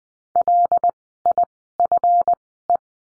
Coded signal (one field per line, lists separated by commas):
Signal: Morse code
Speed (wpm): 20 wpm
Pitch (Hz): 700 Hz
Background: none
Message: LIFE